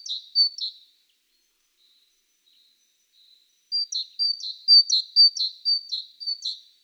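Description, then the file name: Great tit giving a couple of high-low two-note units, falling quiet, then a steady run of many repeated see-saw phrases. "Parus major"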